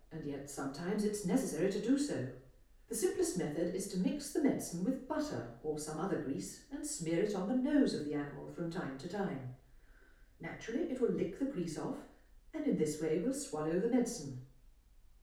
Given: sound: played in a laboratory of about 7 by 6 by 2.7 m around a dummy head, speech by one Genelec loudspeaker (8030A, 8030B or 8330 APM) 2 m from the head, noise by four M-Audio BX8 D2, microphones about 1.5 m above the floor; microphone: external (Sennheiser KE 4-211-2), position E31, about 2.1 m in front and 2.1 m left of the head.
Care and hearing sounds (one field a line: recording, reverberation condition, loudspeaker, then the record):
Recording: female speech in English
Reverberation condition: medium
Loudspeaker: 150 degrees to the right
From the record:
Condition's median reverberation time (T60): about 510 ms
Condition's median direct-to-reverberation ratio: about -0.5 dB